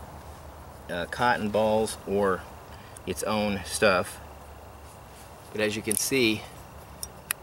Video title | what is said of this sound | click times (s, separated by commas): Fatwood, Fire Starters, Lunch, and More | close that down and it doesn't snap closed. | none